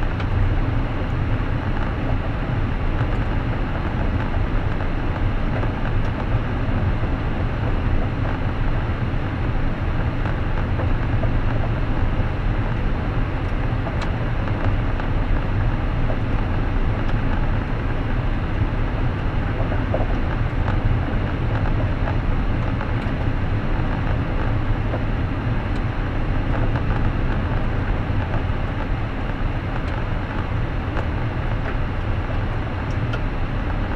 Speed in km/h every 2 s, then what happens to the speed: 65, 65, 64, 62, 62, 63, 63, 60, 61, 62, 63, 64, 64, 63, 60, 57, 57.
0-24 steady at about 63. 24-34 slows to 57.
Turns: none.